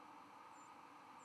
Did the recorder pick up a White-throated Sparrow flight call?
yes